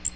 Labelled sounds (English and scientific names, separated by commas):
Magnolia Warbler (Setophaga magnolia) flight call